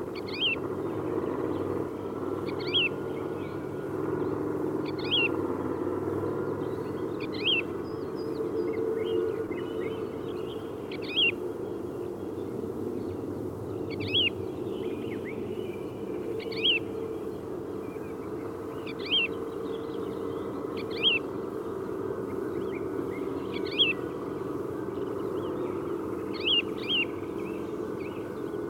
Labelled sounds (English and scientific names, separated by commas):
Wood Lark (Lullula arborea) call